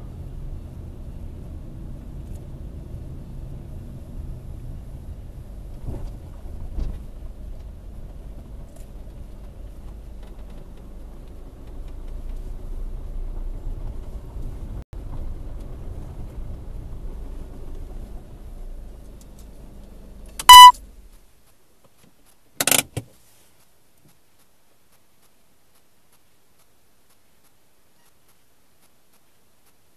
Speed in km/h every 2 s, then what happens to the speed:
19, 18, 11, 8, 5, 5, 5, 6, 6, 0, 0, 0, 0, 0, 0.
3-6 slows to 8. 6-16 steady at about 5. 16-18 slows to 0. 18-30 standing.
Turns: 2-4.